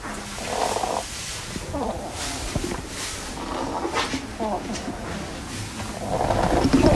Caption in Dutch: Een beetje een reuteltje. Deze egel heeft longwormen.